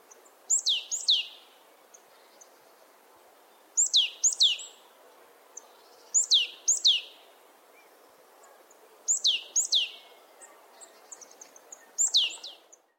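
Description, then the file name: Marsh tit calls: sharp, high, downward-slurred notes given in quick groups of two or three, each group repeated about every three seconds, in an otherwise quiet setting. "Poecile palustris"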